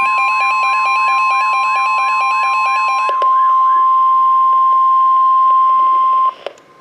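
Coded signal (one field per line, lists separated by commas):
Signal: Emergency Alert System (SAME) tones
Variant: 1050 Hz attention tone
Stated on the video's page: Severe thunderstorm warning received on two NOAA Weather Radio stations.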